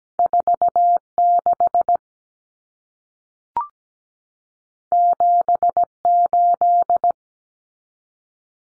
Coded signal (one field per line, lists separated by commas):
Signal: Morse code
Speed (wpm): 17 wpm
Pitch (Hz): 700 Hz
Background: none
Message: 46 78